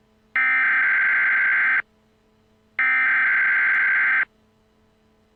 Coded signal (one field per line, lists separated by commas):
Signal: Emergency Alert System (SAME) tones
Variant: header bursts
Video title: The Silence Above An EAS Scenario Remastered EAS #1